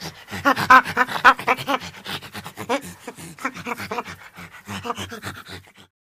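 Chimpanzee panting: quick rasping pants, about four each second, louder early on and fading toward the end.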